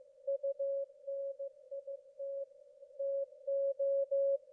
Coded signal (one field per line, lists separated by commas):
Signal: Morse code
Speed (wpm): 15 wpm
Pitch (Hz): 550 Hz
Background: none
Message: UNIT TO